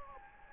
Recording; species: mosquito wingbeat signal from an infrared sensor; Anopheles gambiae